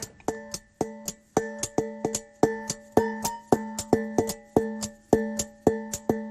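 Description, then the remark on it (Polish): Drinking glasses, spoons, pots, frying pans and small drums are struck as instruments, ringing out bright, sustained metallic and glassy tones in a lively, syncopated rhythm of about thirty hits. It is music from the theatre show Światy Równoległe. No one speaks. “Co to za instrumenty? Szklanki. Szklanki.”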